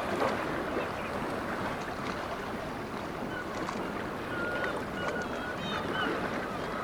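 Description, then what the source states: Black-legged kittiwakes giving scattered calls, with clearer drawn-out cries in the later part, over a constant rushing background. Several kittiwakes recorded at Dunbar.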